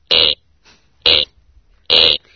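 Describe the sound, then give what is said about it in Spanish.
A synthesized, burp-like vowel "E" sounds three times: loud, rough, buzzy bursts of about a quarter second each, evenly spaced with brief quiet gaps and no talking. It is a computer reconstruction from research of how a Neanderthal would have voiced the vowel E. “Vamos a escuchar el primero de los sonidos, que es el sonido E, según esta investigación y según la reconstrucción de cómo era la E vocálica, sin articulación inglés, cuántica, en un neandertal.”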